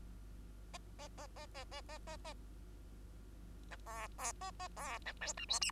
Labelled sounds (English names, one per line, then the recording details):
Bengalese Finch song
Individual Bird2